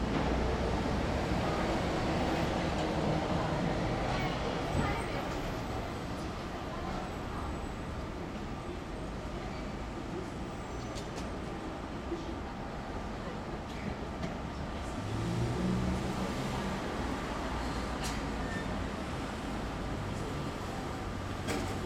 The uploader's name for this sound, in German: Bahnhofleben